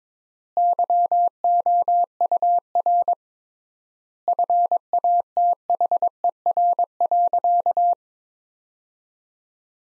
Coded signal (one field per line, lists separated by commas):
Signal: Morse code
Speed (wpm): 22 wpm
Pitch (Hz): 700 Hz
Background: none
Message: YOUR FATHER.